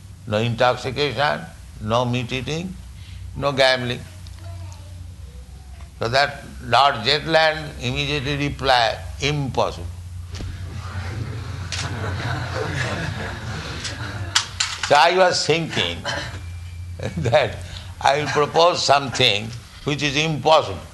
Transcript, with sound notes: no intoxication, no meat-eating, no gambling." So that Lord Zetland immediately replied, "Impossible." [laughter] So I was thinking that "I will propose something which is impossible.